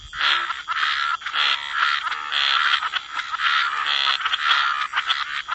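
Dense frog chorus, croaking calls overlapping almost continuously with brief gaps, rough and buzzy in the mid range.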